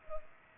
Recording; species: mosquito wingbeat signal from an infrared sensor; Culex pipiens